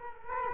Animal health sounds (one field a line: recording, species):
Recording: mosquito wingbeat signal from an infrared sensor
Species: Culex quinquefasciatus